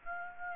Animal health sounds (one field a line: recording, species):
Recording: mosquito wingbeat signal from an infrared sensor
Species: Aedes aegypti